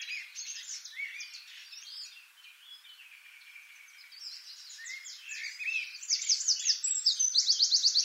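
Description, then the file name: Eurasian wren: soft mixed birdsong gives way to a loud, fast, repeated trill over the last two seconds. "Troglodytes troglodytes"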